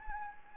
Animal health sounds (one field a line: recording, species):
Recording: mosquito wingbeat signal from an infrared sensor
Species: Anopheles arabiensis